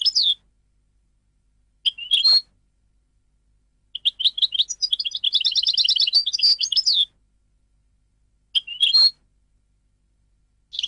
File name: audio burung goldfinch